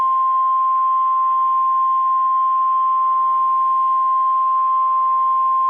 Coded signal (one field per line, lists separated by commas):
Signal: Emergency Alert System (SAME) tones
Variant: 1050 Hz attention tone